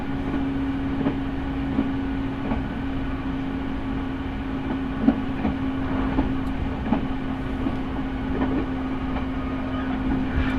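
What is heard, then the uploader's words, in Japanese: A train ride heard from inside: a steady low rumble with a constant hum just above it runs throughout. Faint rhythmic knocks recur roughly every second or so, with a slightly louder jolt near the middle. 耳で楽しむ鉄道旅 日豊本線特急ソニック6号 柳ヶ浦→小倉。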